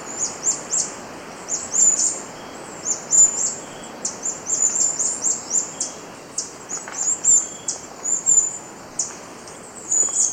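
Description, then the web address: Ash-browed spinetail song: very high, thin chattering phrases, short bursts repeated every second or so, over a steady background hiss. Recorded in Ecuador. "Birds of Ecuador. Ash-browed Spinetail"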